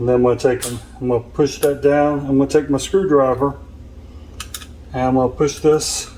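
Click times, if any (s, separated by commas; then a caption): none. While wiring a 240 V garage outlet with 10-2 wire, someone talks while getting a screwdriver ready to push in the wire terminal clamp on the receptacle, so the wires don't have to be bent. Two brief sharp handling sounds occur around 4.4 and 4.6 seconds. The clamp has not clicked in yet.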